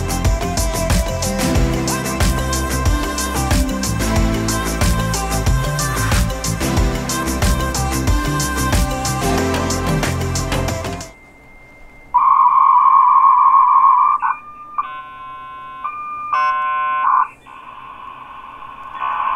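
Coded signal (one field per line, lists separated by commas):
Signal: dial-up modem handshake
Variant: 56k modem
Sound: music, then steady modem tones with brief breaks and warbling changes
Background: music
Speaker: you'll hear some fans but you'll also hear some lucious modem noises alright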